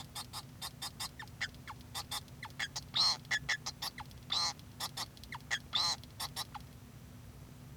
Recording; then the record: song of a male Bengalese finch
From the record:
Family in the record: son of father 2